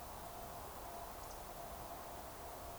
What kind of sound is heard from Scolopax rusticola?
whistle